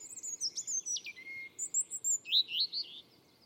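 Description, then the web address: European robin song: high, sweet phrases of falling whistles and tumbling trills, ending in a wavering flourish. "Deverinetal 2025"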